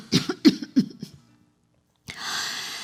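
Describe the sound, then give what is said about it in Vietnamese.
Four short, husky coughs from a woman pausing in her speech, in quick succession, loud and uneven, followed by a pause of silence and then a steady hiss of background noise. “Bà ngừng lại, ho mấy tiếng rồi tiếp.”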